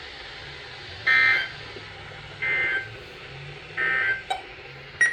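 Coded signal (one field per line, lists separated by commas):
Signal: Emergency Alert System (SAME) tones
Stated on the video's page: Severe Thunderstorm Warning on NOAA Weather Radio transmitter.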